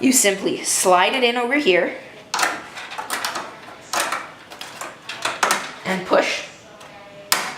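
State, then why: Seated. Someone talks while a thin metal rear I/O shield is slid into the back opening of a PC case, with a series of light knocks and scrapes as it is pushed into place. At 7.3 s it clips in with one sharp snap, and the shield is now secure.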